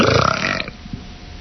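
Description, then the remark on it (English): A single loud, gravelly burp into the phone after drinking a soda, with a low, rattling pitch, lasts about two thirds of a second, then cuts off into quiet line noise with a faint thump. “I can't help it. I just had a soda.”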